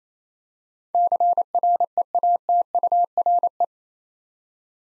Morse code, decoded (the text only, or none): CREATURE